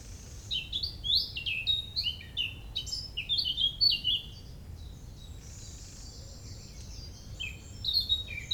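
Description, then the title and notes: Birds twittering in fast repeated high chirps for several seconds, then quieter scattered notes and a soft hiss, with steady low rumble beneath. Early morning, 27 May 2018, Parc des Beaumonts, Montreuil, France; urban park in dense city area near Paris; recorded with MCE530 microphones, Dual Pre USB and H2. "Oiseaux des Beaumonts le 27 mai 2018. Parc des Beaumonts, 16 Avenue Jean Moulin, 93100 Montreuil, France. Tôt le matin dans le parc des Beaumonts à Montreuil (93), prise de son d'oiseaux"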